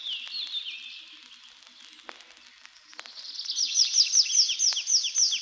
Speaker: Песня лесного конька слышна над лесными опушками и зарастающими сечами.